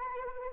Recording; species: mosquito wingbeat signal from an infrared sensor; Anopheles arabiensis